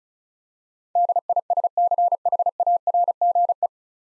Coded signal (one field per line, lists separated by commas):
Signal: Morse code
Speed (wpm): 36 wpm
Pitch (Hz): 700 Hz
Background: none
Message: DISCHARGE